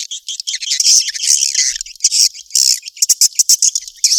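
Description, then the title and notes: Swiftlet calls, loud shrill twittering that ends in a few sharp, separate chirps. Sound used in swiftlet farming in Asia. "Swiflet Bird Sound. Farming Swiflet Bird asia sound"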